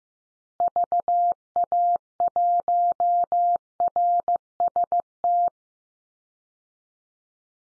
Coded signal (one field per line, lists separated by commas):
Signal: Morse code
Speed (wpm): 15 wpm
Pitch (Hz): 700 Hz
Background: none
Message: VA1RST